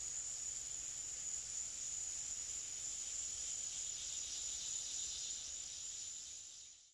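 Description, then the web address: Cicada call: an unbroken high, sizzling drone that holds steady, then fades away at the very end. "цикады"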